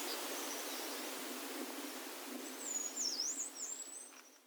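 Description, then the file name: Yellow-browed warbler giving one high, thin zigzagging phrase of squeaky wavering notes in the second half, above a soft hissing background. Recorded at Norikura on 23 June 2021. "kimayumushikui norikura ijima"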